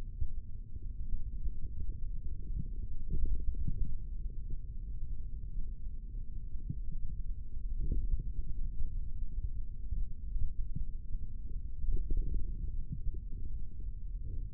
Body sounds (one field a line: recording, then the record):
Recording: forearm muscle sounds (acoustic myography)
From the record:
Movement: finger pinch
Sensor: system 3, bracelet of six PUI Audio POM-2738L microphones around the upper forearm, with dedicated amplification and filtering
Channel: 1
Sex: male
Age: 25 years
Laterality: right